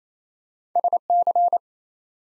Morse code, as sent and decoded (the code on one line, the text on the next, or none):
... -.-.
SC